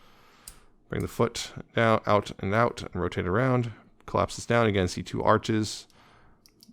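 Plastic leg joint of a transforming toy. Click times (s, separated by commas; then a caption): 0.5 s. The plastic leg joints of a ZetaToys ZC02 Skystrike transforming robot toy are split and extended, giving a sharp click at 0.5 s as the legs lock into their extended position. Someone then talks for most of the clip, and two faint clicks come near the end.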